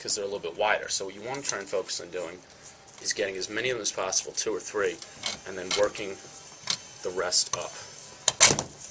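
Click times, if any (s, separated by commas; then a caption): 8.3 s. Someone talks while lining up the spring clamps of a WAC Lighting HR D423 light trim with its recessed fixture a few at a time, then working the rest up. At 8.3 s the trim snaps into the fixture with a sharp click, followed by a couple of fainter clicks, and the trim is seated.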